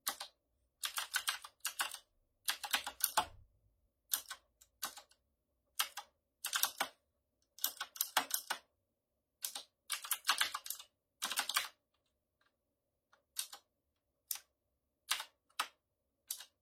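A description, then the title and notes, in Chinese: Typing on a mechanical keyboard, with bursts of rapid, bright clacking key presses separated by short pauses. The bursts are dense and uneven through the first twelve seconds, then thin out into single, spaced clicks near the end. A faint low thump comes around three seconds. 机械键盘。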